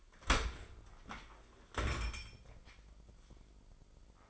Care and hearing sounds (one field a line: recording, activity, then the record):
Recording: daily activity, microphone in the room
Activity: open dishwasher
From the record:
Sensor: 5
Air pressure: 995.8 hPa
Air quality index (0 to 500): 106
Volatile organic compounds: 8 ppm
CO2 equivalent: 2044 ppm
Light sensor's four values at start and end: 39/94/39/41 and 40/95/39/41